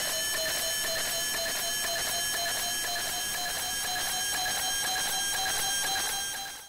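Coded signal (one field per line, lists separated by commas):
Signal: weather satellite image (APT)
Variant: NOAA APT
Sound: steady buzzing tone with rapid regular ticking, about four ticks per second, over hiss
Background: radio static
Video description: This is my software-defined radio prototype receiving weather satellite NOAA-19's APT signal on 137.1MHz.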